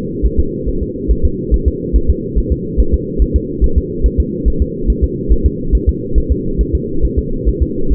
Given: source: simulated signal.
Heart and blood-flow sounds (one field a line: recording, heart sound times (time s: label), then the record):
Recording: fetal heart sounds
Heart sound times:
0.26 s: S1
0.39 s: S2
0.69 s: S1
0.82 s: S2
1.11 s: S1
1.25 s: S2
1.54 s: S1
1.68 s: S2
1.96 s: S1
2.10 s: S2
2.38 s: S1
2.52 s: S2
2.80 s: S1
2.94 s: S2
3.22 s: S1
3.36 s: S2
3.64 s: S1
3.78 s: S2
4.06 s: S1
4.20 s: S2
4.48 s: S1
4.62 s: S2
4.90 s: S1
5.04 s: S2
5.32 s: S1
5.46 s: S2
5.75 s: S1
5.89 s: S2
6.18 s: S1
6.32 s: S2
6.61 s: S1
6.75 s: S2
7.05 s: S1
7.19 s: S2
7.48 s: S1
7.62 s: S2
7.92 s: S1
From the record:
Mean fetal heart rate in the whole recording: 140 bpm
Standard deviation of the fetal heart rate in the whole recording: 2 bpm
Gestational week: 34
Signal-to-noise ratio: -8.1 dB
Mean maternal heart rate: 72 bpm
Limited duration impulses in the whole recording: absent